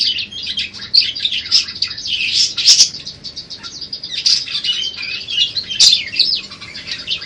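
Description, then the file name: Budgerigar warbling steadily: high, buzzy chatter with clicks and a few sharp squeaks rising above it, continuous throughout. Song containing mimicked calls of cililin, serindit (blue-crowned hanging parrot) and gereja tarung. "parkit isian cj lb cililin serindit gereja tarung"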